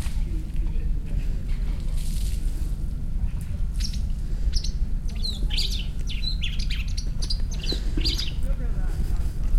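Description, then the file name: Long-tailed shrike calls: scattered short chirps and sharp notes, loosest at the start and thicker toward the end, over a steady low rumble. "shrike-long-tailed -Lanius-schach"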